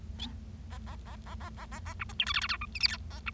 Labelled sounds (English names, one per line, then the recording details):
Bengalese Finch song
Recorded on 25 March 2012 at 08:21
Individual gy6or6